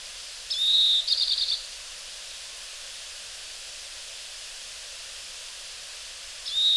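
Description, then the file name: Oriental greenfinch calls: a drawn-out nasal wheeze followed by a quick buzzy twitter, with another wheeze starting at the end, over steady background hiss. Recorded in Hyogo. "kawarahiwa hyogo kaji"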